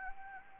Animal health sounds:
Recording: mosquito wingbeat signal from an infrared sensor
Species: Anopheles gambiae

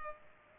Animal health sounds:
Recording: mosquito wingbeat signal from an infrared sensor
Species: Culex pipiens

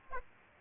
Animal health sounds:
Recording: mosquito wingbeat signal from an infrared sensor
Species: Aedes aegypti

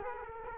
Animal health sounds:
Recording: mosquito wingbeat signal from an infrared sensor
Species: Culex quinquefasciatus

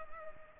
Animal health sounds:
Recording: mosquito wingbeat signal from an infrared sensor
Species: Culex pipiens

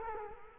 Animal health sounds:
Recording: mosquito wingbeat signal from an infrared sensor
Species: Culex quinquefasciatus

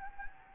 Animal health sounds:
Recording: mosquito wingbeat signal from an infrared sensor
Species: Anopheles gambiae

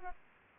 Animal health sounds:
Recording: mosquito wingbeat signal from an infrared sensor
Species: Aedes aegypti

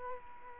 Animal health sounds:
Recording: mosquito wingbeat signal from an infrared sensor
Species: Culex quinquefasciatus

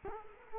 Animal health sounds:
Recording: mosquito wingbeat signal from an infrared sensor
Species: Culex quinquefasciatus

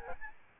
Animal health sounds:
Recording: mosquito wingbeat signal from an infrared sensor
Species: Aedes albopictus

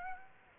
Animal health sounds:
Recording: mosquito wingbeat signal from an infrared sensor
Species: Aedes aegypti

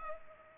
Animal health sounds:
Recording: mosquito wingbeat signal from an infrared sensor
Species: Culex pipiens

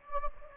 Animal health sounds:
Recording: mosquito wingbeat signal from an infrared sensor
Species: Anopheles gambiae

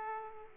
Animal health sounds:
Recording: mosquito wingbeat signal from an infrared sensor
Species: Aedes aegypti

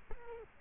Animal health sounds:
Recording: mosquito wingbeat signal from an infrared sensor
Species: Culex quinquefasciatus

